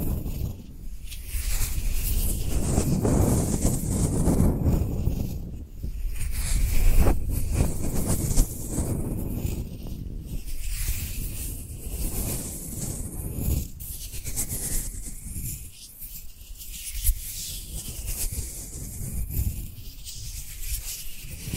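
Dry hands rub and brush together in continuous rough swishes, low and grainy, swelling and easing in strokes every couple of seconds.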